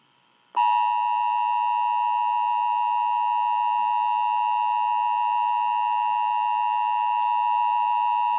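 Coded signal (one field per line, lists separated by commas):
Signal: Emergency Alert System (SAME) tones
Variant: 853 and 960 Hz attention tone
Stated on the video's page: Mock Required Monthly Test with valid EAS tones, simulated rather than a real broadcast.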